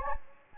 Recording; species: mosquito wingbeat signal from an infrared sensor; Anopheles gambiae